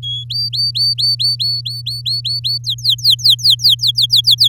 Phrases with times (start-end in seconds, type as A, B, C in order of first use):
0.02-0.24 A, 0.30-2.58 B, 2.64-4.48 C